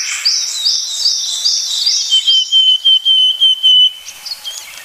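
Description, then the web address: Willow tit calls: a rapid run of high, sliding chirps, then a steady, pure whistled tone held for about two seconds, pulsing in short beats. "sikioto. kogara"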